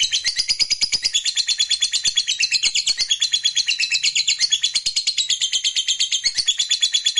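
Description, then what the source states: Lovebird singing energetically, a dense stream of shrill, buzzy chirps repeated about three times per second without pause. Fighter lovebird, gacor (singing energetically).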